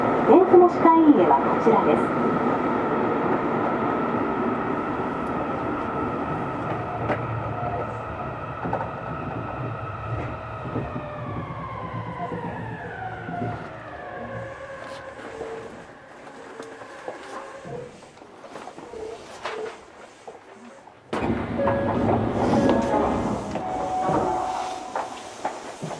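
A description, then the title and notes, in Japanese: Subway train interior with a steady motor whine that falls in pitch as the train slows, quieting before an abrupt return of louder rumble. 横浜市営地下鉄10000形 日吉〜センター北。グリーンラインで録音。グリーンラインはリニアモーター方式でブルーラインより静かです。車体はオールアルミニウム合金製の無塗装車体とし、全長15.6m・片側3扉構造を持ち。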